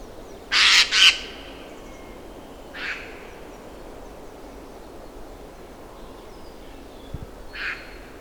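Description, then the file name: Eurasian jay giving harsh, rasping screeches: a quick double burst at the start, then two single screeches a few seconds apart, over a faint background hiss. "Garrulus glandarius"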